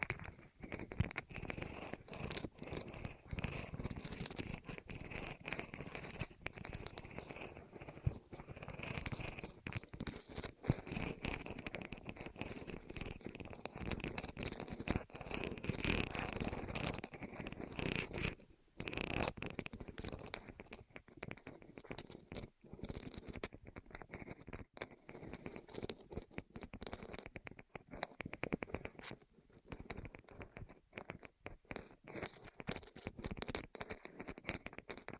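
ASMR rolling sounds over the ears: dense, continuous scraping and patter with constant quick clicks, shifting loudness, and brief quieter gaps near 18 and 23 seconds.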